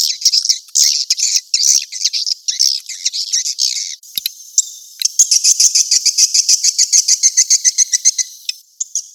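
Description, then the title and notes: Swiftlet chirps: bursts of shrill twitter, a brief pause, then a long run of fast, clipped, high chirps. Asia; sound used in swiftlet farming to attract the birds. "Swiflet Bird Sound. Farming Swiflet Bird asia sound"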